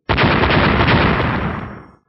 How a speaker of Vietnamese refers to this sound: Lại một âm thanh nổ mạnh vang lên